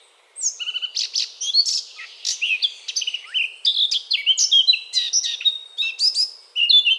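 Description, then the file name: Eurasian blackcap song: a long run of quick, varied, high chattering and whistled notes. "Sylvia atricapilla"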